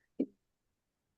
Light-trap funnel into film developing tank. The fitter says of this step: a click that you're listening for.